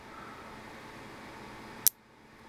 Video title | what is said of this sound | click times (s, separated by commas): MVI 0082 | I clicked in there nicely so I'm going to put the now when I pick a Anderson power pull out too | 1.9 s